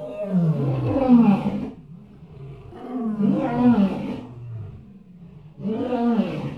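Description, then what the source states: Elephant roars, three deep harmonic calls about two and a half seconds apart. Many elephants calling together as a herd.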